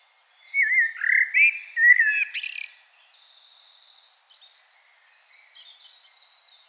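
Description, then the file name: Common blackbird song: a fluty warbled phrase over about two seconds, ending in a sharp squeak and a thin, high twittering tail. "Turdus merula"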